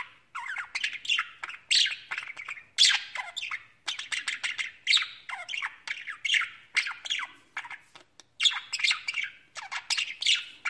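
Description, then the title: Budgerigar chatter, dense rapid warbling with scratchy chirps and brief squawks throughout. "Budgie Sounds"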